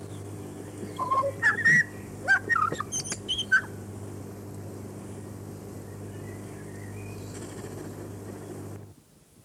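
Chatham Island tui giving a short, varied phrase of fluty whistles, sharp clicks and buzzy notes, followed by several seconds of only low background hum.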